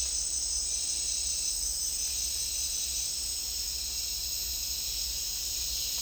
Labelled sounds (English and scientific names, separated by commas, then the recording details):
none
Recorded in dense forest near Puerto Asís, Putumayo, Colombia, on 21 March 2025 at 15:00
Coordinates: 0.499, -76.324
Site GP03